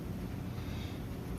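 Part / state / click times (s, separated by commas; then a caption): oxygen sensor into exhaust pipe threaded bung / not seated / none. A metal air-fuel (O2) sensor 1, bank 1, for a 2010 Ford Focus, its threads coated with gray anti-seize, is lined up and started by hand into the threaded exhaust bung so it goes in correctly without cross-threading, before it is torqued down. Only a steady, wind-like broadband rush with a low rumble is heard, with no distinct impacts. Nothing has seated or clicked yet.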